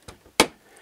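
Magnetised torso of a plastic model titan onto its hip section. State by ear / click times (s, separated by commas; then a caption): seated / 0.4 s. The magnetised torso of a plastic Warlord Titan model is pulled down onto its hip section, with a faint tap at 0.1 s. The magnets then snap together with a sharp, bright click at 0.4 s. The joint is seated, with the magnets firmly holding the two parts together.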